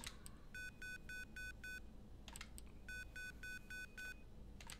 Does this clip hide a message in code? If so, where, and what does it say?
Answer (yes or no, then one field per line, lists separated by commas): no